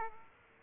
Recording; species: mosquito wingbeat signal from an infrared sensor; Aedes aegypti